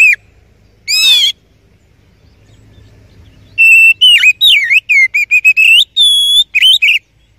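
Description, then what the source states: Oriental magpie-robin song: a buzzy burst, a pause, then a fast, varied run of whistles, sharp slurs and one long level note, with faint low background hum. Champion (juara) song, used to teach other songbirds (masteran).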